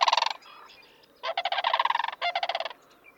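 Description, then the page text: Sandhill crane calls: three rolling, trumpeting rattles of varying length, loud and resonant, with brief quiet gaps. Family groups travel together: adult pair with young from the previous summer and grown offspring; families stay together through migration and winter, parents often pair for life; breed in the northern U.S. and Canada. "Sandhill Crane Families Stick Together (Bird Note. Chirp Nature Center"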